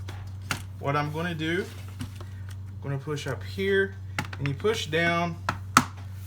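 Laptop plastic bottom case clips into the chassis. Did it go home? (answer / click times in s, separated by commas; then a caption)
yes / 5.8 s. A Hewlett-Packard Pavilion 15-P213CL laptop has its plastic bottom case clips pressed back into the chassis by pushing up on one part and down on the other, like snapping a puzzle back together. Someone talks over a steady low hum with a few small taps and knocks. A sharp, loud snap at 5.8 s marks the clips seating into place.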